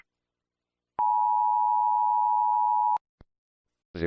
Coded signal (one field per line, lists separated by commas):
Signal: Emergency Alert System (SAME) tones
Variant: 853 and 960 Hz attention tone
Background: speech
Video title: eas.avi